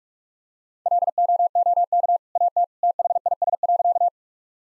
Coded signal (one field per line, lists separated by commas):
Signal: Morse code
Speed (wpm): 41 wpm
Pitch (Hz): 700 Hz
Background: none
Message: LOOK AT THIS.